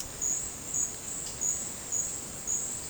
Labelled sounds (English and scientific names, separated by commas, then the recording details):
none
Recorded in dense forest near Puerto Asís, Putumayo, Colombia, on 22 December 2024 at 11:00
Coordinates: 0.466, -76.327
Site G075